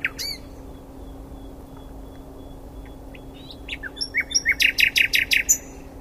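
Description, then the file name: Common nightingale song: a few short notes, a long faint pure note, then a burst of rapid, loud repeated chirps near the end. "Luscinia megarhynchos"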